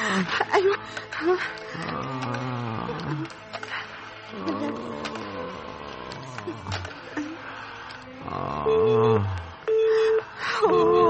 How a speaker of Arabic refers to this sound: برضو التليفون في العيادة مشغول. حاولي تاني يا بنتي،